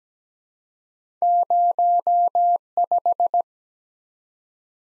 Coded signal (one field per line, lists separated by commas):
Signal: Morse code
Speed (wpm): 20 wpm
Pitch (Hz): 700 Hz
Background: none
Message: 05